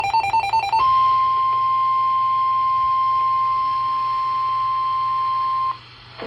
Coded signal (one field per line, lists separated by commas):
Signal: Emergency Alert System (SAME) tones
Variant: 1050 Hz attention tone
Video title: Severe Thunderstorm Warning (EAS #745)